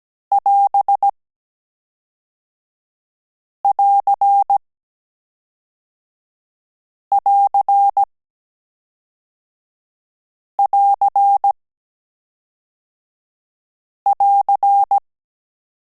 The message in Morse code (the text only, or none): <AS><AR><AR><AR><AR>